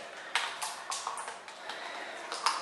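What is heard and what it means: The button on top of an 8-litre Amstel mini beer keg is pressed down to unlock it before it goes into a Heineken Blade home draught dispenser. A few short taps and rustles come before a sharp click at 2.5 s, when the button seats and the keg is unlocked.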